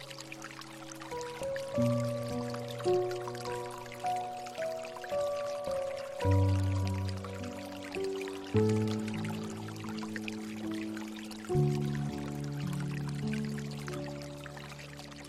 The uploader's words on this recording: 432 hz The Relaxing Piano Music with Water Sounds. As the piano melodies flow, they are accompanied by the gentle sounds of water. Relaxing piano music and soothing water sounds.